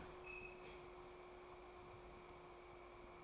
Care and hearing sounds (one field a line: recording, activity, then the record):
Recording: daily activity, microphone in the room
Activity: open fridge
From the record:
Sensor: 1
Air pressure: 1004.6 hPa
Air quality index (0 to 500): 192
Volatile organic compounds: 16 ppm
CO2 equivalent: 2546 ppm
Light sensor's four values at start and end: 4/10/4/4 and 4/11/4/4